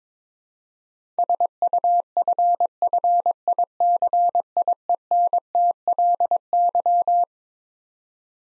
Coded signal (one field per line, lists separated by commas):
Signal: Morse code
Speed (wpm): 22 wpm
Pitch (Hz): 700 Hz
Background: none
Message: SUFFICIENTLY